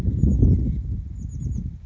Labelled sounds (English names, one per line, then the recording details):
Chestnut-backed Chickadee
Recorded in Sonoma County, California